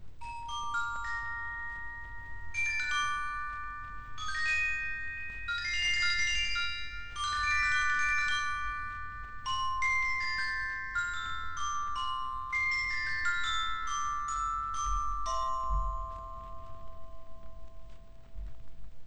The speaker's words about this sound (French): Mais sans aller si loin, on en trouve dans nos orchestres, comme le glockenspiel, où des lames de métal remplacent le bois. Le son du glockenspiel évoque le carillon en plus argentin.